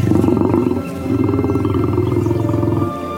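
animal, lion roaring

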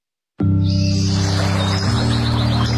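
bird, birds chirping

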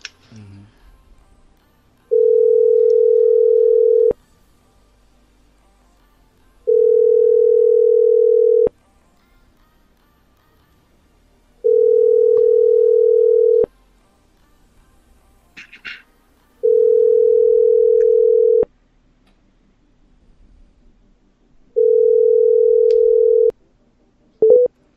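signal or alarm, telephone ringback tones

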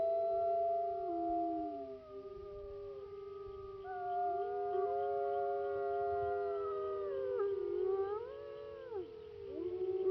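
animal, wolf pack howling

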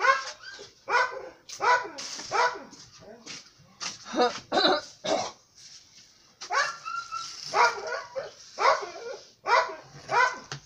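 animal, dog barking

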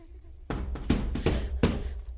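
household object, knocking on a door

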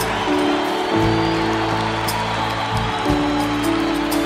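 crowd, audience applauding

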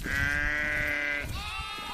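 animal, sheep bleating

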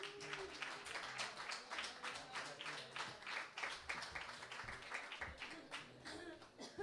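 crowd, audience applause

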